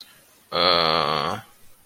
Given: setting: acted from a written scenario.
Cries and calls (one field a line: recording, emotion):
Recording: vocal sound without words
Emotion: confusion